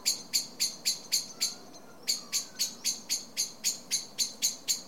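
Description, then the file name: Common blackbird call: a fast, even series of clicking chinks that pauses for a moment and then carries on at the same pace. "Turdus merula"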